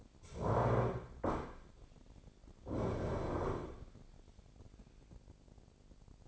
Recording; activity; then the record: daily activity, microphone in the room; stand up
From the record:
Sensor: 5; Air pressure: 1009.4 hPa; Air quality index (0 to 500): 156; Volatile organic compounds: 2 ppm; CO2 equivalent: 1195 ppm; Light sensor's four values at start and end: 282/674/288/317 and 282/674/288/317